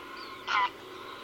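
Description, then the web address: Greylag goose giving a single harsh, nasal honk, with a faint thin note before it and the start of another honk at the very end. "Гусь серый Oca selvatica"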